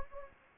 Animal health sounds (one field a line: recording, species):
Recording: mosquito wingbeat signal from an infrared sensor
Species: Anopheles gambiae